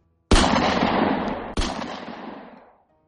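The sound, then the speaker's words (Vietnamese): Two loud pistol shots in an abandoned container yard, about a second and a quarter apart, each a sharp crack followed by a long, ringing tail that slowly fades. No voices. “Tiếng súng nổ vang lên chát chúa giữa bãi container bỏ hoang.”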